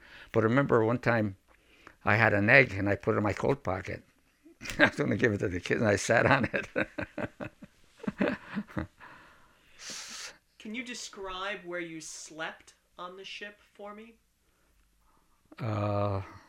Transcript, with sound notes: But I remember one time, I had an egg and I put it in my coat pocket and I was going to give it to the kids and I sat on it! (he laughs)
Can you describe where you slept on the ship for me?
Uh,